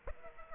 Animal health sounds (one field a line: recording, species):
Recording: mosquito wingbeat signal from an infrared sensor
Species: Aedes aegypti